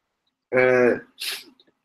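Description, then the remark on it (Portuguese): A single loud human sneeze: a strained, voiced "ah" build-up followed by a sharp, hissing burst of breath, then silence. “Espirrar.”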